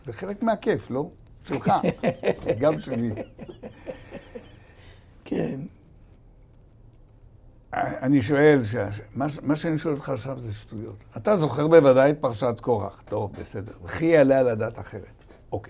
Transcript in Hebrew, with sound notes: זה חלק מהכיף לא שלך גם שלי [צחוק] כן אני שואל ש מה שאני שואל אותך עכשיו זה שטויות אתה זוכר בוודאי את פרשת קורח טוב בסדר וכי יעלה על הדת אחרת אוקיי